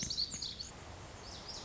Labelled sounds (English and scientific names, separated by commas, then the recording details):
Lazuli Bunting (Passerina amoena)
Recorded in Sonoma County, California